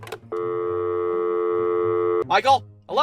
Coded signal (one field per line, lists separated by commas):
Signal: telephone call progress tone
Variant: North America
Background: speech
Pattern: dial tone